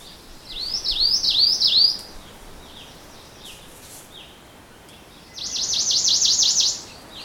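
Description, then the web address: Ijima's leaf warbler with two bursts of high, slurred notes: about five spaced sweeps, then after a pause a faster run of tight, repeated notes. Recorded on 25 May 2025 on Nakanoshima. "koe iijimamushikui 20250525 nakanoshima sekishinichi"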